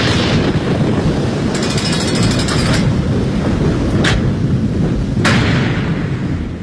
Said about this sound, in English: I wish this weather would break. It's unbearable. I wish it would pour down. A great big storm.